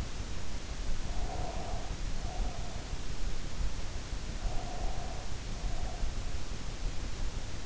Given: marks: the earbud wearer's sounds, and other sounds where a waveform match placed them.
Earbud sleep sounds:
sounds in sleep by an in-ear microphone; breath
1.10-2.92 s: breath
4.41-6.23 s: breath

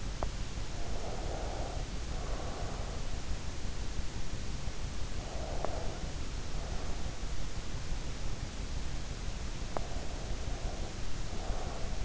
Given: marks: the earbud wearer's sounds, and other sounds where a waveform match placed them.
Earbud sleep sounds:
sounds in sleep by an in-ear microphone; teeth grinding, breath
0.00-0.51 s: teeth grinding
0.74-3.11 s: breath
5.02-7.31 s: breath
9.88-12.05 s: breath

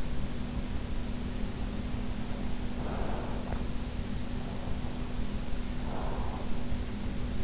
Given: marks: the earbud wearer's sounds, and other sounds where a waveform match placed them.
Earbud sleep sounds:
sounds in sleep by an in-ear microphone; breath
2.13-3.97 s: breath
5.71-6.94 s: breath

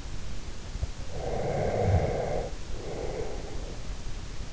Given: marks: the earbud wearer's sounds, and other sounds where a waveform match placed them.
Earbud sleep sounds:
sounds in sleep by an in-ear microphone; breath
1.15-3.78 s: breath

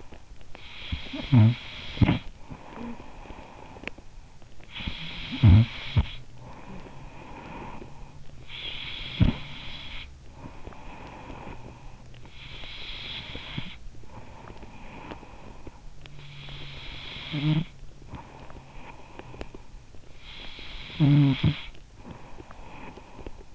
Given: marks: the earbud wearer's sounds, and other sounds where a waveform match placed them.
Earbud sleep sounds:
sounds in sleep by an in-ear microphone; snoring breath, breath
0.00-12.20 s: snoring breath
12.20-16.36 s: breath
16.36-23.55 s: snoring breath

